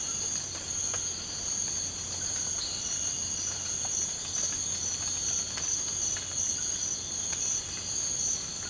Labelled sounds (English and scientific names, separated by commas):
none